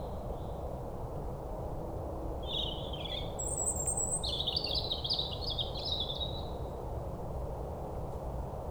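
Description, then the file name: European robin delivering a high, sweet warbled phrase, heard above a steady low-pitched background hum. "Erithacus rubecula"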